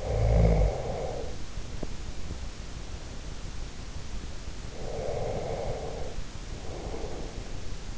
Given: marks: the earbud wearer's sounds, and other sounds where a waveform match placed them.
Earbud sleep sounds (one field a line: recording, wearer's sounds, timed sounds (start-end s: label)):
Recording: sounds in sleep by an in-ear microphone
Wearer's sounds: snoring breath, breath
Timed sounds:
0.00-2.61 s: snoring breath
4.55-7.65 s: breath